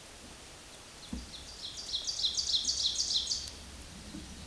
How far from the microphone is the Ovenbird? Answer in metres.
about 25 m